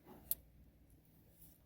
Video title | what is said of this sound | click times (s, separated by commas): MAP Sensor replacement 2017 - 2022 Crv, Civic, Accord | And when you push it in, make sure you hear it clip so it's locked in. | 0.3 s